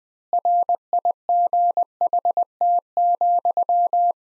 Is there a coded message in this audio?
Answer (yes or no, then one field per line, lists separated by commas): yes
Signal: Morse code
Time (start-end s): 0.3-4.1 s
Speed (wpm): 21 wpm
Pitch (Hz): 700 Hz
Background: none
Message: RIGHT,